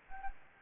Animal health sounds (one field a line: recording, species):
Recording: mosquito wingbeat signal from an infrared sensor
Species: Anopheles gambiae